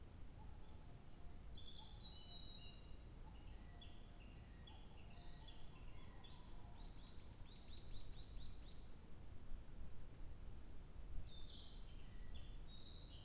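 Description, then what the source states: Bird song of varied high chirps, then a fast rhythmic trill of repeated notes, with soft lower calls repeating and a continuous low rumble. 2 July 2023.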